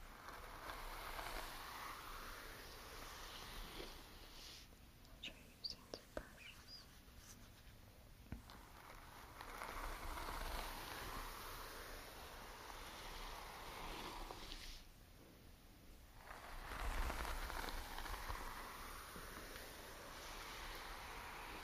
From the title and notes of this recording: Sounds and visuals of silky hair being brushed and pinned up with beautiful hair accessories.